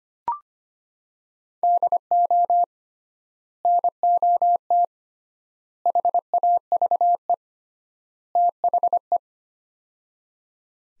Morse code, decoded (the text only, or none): DO NOT HAVE THE